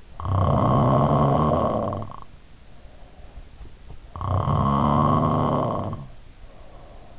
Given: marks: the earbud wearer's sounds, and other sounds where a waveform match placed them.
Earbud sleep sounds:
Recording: sounds in sleep by an in-ear microphone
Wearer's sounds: snoring breath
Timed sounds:
0.15-3.58 s: snoring breath
4.15-7.18 s: snoring breath

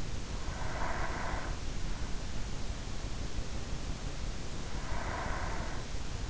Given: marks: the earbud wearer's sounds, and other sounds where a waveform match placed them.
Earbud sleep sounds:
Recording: sounds in sleep by an in-ear microphone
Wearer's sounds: breath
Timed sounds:
0.22-1.67 s: breath
4.59-6.30 s: breath

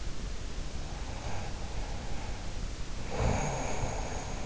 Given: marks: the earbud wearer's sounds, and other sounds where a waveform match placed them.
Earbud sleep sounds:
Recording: sounds in sleep by an in-ear microphone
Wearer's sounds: snoring breath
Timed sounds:
0.93-4.46 s: snoring breath

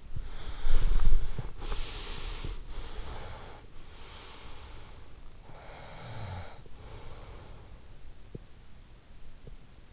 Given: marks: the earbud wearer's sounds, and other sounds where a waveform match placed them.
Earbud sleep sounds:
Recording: sounds in sleep by an in-ear microphone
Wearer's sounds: breath, body movement, snoring breath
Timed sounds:
0.00-2.54 s: breath
0.17-3.65 s: body movement
2.78-5.27 s: breath
5.56-8.17 s: snoring breath

